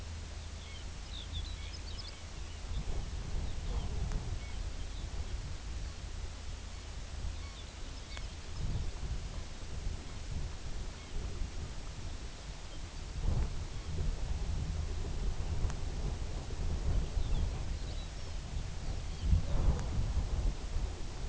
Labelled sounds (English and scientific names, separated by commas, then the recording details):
Lapland Longspur (Calcarius lapponicus), unidentified sound
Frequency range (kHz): Lapland Longspur (Calcarius lapponicus) 1.5-6.6 kHz
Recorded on Arctic tundra, site UTQI-2, on 14 June 2019
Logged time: 18:00